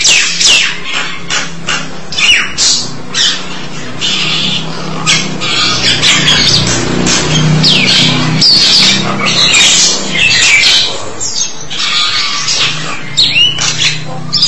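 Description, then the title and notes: Starling song: a long, jumbled run of grating squawks, clicks and buzzy notes in irregular bursts over a low background rumble. "suara burung jalak"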